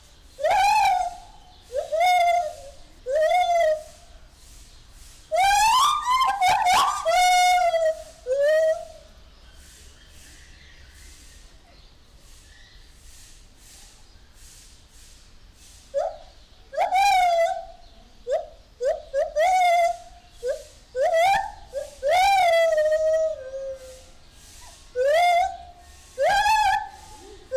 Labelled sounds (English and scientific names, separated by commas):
Lar Gibbon (Hylobates lar)